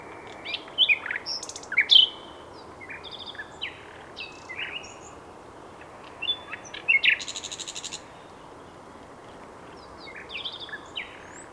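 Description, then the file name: Common nightingale singing brief, varied phrases of sharp chirps and rattling notes with long quiet gaps between, over a soft background hiss. "Luscinia megarhynchos"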